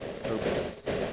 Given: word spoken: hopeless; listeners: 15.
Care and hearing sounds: one English word in noise, from a listening test; noise modulated by three-talker babble; -6.6 dB; 2 of 15; 8 of 15; 0.73 s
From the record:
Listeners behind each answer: 8, 2, 2, 1, 1, 1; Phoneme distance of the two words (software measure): 27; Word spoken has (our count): 2 syllables, 6 phonemes, stress on syllable 1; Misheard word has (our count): 2 syllables, 5 phonemes, stress on syllable 1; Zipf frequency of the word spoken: 3.79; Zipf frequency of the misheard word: 4.78

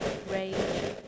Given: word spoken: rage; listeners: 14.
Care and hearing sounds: one English word in noise, from a listening test; noise modulated by three-talker babble; -4.0 dB; 5 of 14; 7 of 14; 0.68 s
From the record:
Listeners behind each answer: 7, 5, 2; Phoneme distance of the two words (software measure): 7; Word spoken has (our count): 1 syllable, 3 phonemes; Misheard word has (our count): 1 syllable, 4 phonemes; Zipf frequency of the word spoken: 3.83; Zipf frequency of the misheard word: 4.80

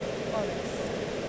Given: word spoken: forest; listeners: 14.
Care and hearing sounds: one English word in noise, from a listening test; speech-shaped noise; -6.9 dB; 1 of 14; 11 of 14; 0.89 s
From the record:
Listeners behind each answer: 11, 2, 1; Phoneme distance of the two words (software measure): 17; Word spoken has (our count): 2 syllables, 6 phonemes, stress on syllable 1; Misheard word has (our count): 2 syllables, 5 phonemes, stress on syllable 1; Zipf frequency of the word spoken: 4.67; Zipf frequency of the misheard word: 4.98

